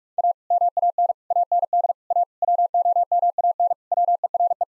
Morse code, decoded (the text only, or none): A MAN AND A WOMAN WERE